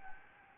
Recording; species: mosquito wingbeat signal from an infrared sensor; Anopheles gambiae